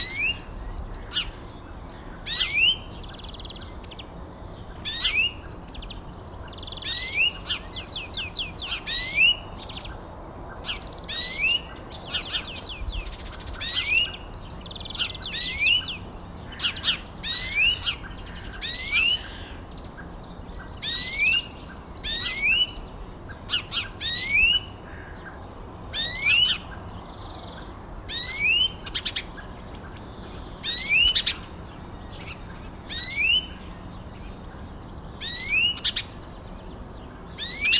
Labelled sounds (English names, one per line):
European Greenfinch call